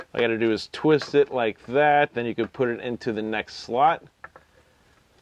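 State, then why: Seated. A plastic suspension height adjuster on a Milwaukee hard hat is twisted and moved into the next height slot while someone talks. A short tick at 4.2 s marks it locking into the slot, and the adjuster is seated.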